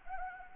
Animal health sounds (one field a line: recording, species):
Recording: mosquito wingbeat signal from an infrared sensor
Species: Anopheles arabiensis